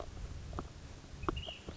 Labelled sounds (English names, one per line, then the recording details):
Ash-throated Flycatcher
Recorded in Sonoma County, California